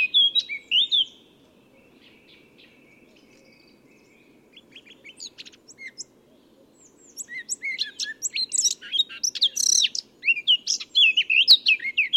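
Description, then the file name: Eurasian blackcap song: a short high warbled phrase, a pause with soft twittering, then a long fast run of rich, varied warbling notes; low steady hum underneath. "Sylvia atricapilla"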